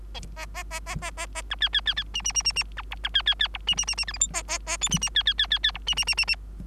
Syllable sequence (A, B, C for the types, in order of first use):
A A A A A A A B C C C C D D D D D B E B C C C E D D D D F G H A A A I D D C C C C C E D D D D D